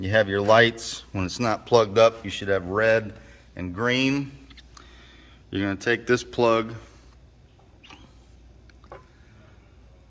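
Someone talks while picking up the twist-lock plug of a 4-amp charger and lining it up with the charging socket on a winch-version dolly. Faint, brief handling taps come around 4.5 to 4.8 s and 7.9 to 8.9 s. The plug has not been turned in or clicked into place yet.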